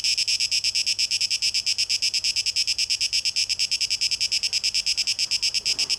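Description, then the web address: Cicada song, a dense high buzz pulsing rapidly, steady throughout with an even, processed echoing texture. Cicada song; 12 August 2023; tape echo mix. "rauschpartikel Audio 2023-08-12 Zikaden (Tape Echo Mix)"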